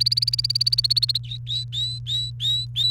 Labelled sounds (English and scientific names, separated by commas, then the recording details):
Domestic Canary (Serinus canaria) song
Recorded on 29 April 2018 at 16:44
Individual llb3